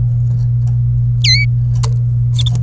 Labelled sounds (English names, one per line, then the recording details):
Domestic Canary song
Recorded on 26 April 2018 at 14:44
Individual llb3